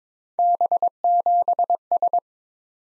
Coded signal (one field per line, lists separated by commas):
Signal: Morse code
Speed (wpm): 22 wpm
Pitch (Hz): 700 Hz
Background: none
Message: B7S